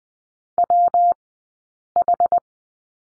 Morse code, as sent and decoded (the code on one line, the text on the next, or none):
.-- ....
WH